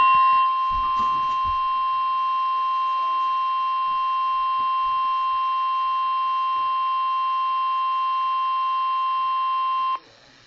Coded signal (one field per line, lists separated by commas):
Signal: Emergency Alert System (SAME) tones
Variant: 1050 Hz attention tone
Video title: EAS 107 - Severe Thunderstorm Warning Peoria IL